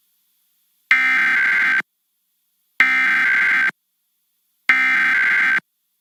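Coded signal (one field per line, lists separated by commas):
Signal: Emergency Alert System (SAME) tones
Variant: header bursts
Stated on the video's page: KETV Nebraska Required Monthly Test.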